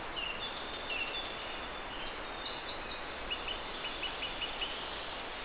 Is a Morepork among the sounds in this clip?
no